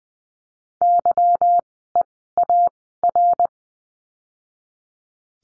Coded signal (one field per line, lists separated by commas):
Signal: Morse code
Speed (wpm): 20 wpm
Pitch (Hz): 700 Hz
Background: none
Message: YEAR